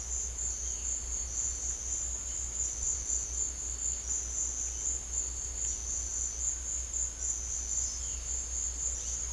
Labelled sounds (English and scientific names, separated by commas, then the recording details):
none
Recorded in secondary vegetation near Puerto Asís, Putumayo, Colombia, on 4 March 2025 at 16:00
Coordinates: 0.500, -76.326
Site GP04